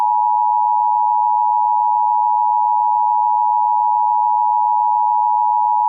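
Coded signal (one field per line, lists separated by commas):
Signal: Emergency Alert System (SAME) tones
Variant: 853 and 960 Hz attention tone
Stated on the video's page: Fictional mock tsunami alert scenario using valid EAS tones; not real.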